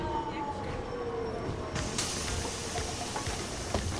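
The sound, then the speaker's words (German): Busy Swiss railway station ambience: a steady wash of crowd murmur and rumble, thin high squealing tones, and a sudden loud hiss of air bursting out midway and lingering. “Schweizer Bahnhof.”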